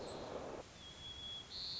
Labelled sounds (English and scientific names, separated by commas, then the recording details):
White-crowned Sparrow (Zonotrichia leucophrys)
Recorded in Sonoma County, California